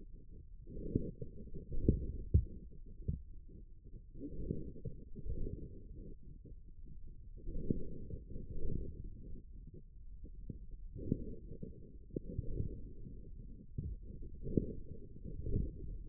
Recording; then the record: forearm muscle sounds (acoustic myography)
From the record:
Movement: forearm pronation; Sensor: system 1, eight BSWA MPA416 microphones around the upper forearm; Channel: 7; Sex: male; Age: 41 years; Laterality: right